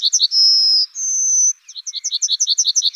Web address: Emberiza citrinella